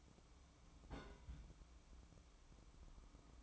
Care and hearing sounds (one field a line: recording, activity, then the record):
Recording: daily activity, microphone in the room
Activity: place on stove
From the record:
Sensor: 1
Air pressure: 1008.1 hPa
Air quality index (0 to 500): 132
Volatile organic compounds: 2 ppm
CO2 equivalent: 1113 ppm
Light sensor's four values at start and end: 8/19/7/8 and 8/19/7/8